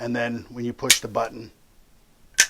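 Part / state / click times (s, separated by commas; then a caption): flip-up iron sight on a rifle rail / seated / 2.4 s. Someone talks, then the button on an aluminum flip-up AR-15 iron sight mounted on a rifle rail is pressed. The sight flips up and locks with a single sharp snap at 2.4 s, seating firmly in its positive-locking position.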